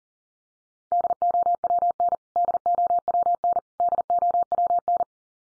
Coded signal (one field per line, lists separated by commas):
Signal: Morse code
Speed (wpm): 40 wpm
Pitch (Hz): 700 Hz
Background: none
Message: DOWN DOWN DOWN